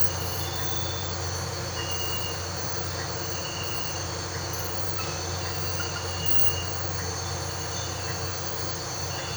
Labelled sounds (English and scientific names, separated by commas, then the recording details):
none
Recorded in pastures near Puerto Asís, Putumayo, Colombia, on 13 March 2025 at 02:00
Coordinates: 0.466, -76.322
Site CSA-02